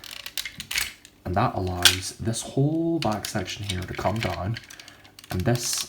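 The plastic waist section of a Transformers Armada Red Alert and Longarm transforming robot toy is brought down and pushed into its mating slot: a short ratcheting run of small clicks ends in a sharp click at 0.7 s as it seats into place. Someone then talks for the rest of the clip.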